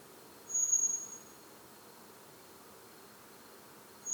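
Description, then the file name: Common blackbird high, thin, level whistle held for about half a second, with another note beginning right at the end; faint steady hiss throughout. "Turdus merula"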